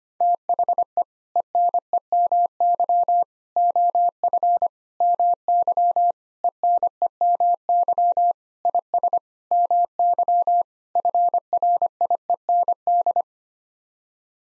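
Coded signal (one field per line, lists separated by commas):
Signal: Morse code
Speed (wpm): 25 wpm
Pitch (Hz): 700 Hz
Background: none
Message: THE ENEMY OF MY ENEMY IS MY FRIEND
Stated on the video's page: Morse practice sending sets of 8-word groups at 25 wpm for head-copy, each set sent, spoken, then sent again.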